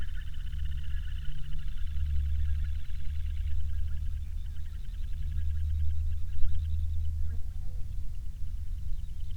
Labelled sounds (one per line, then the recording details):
waterfowl
aircraft
insects
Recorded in the Prudhoe Bay oil fields, Alaska, on 21 June 2019 at 09:41
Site 22